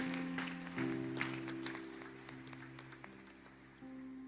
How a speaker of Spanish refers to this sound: Ahora sí vamos a ponernos de pie todos y vamos a darle un aplauso a los nuevos servidores.